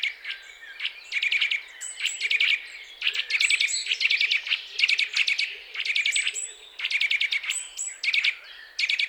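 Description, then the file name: Eurasian nuthatch calls in fast, dense bursts of sharp ticking notes, short clusters following one another almost continuously. "Sitta europaea"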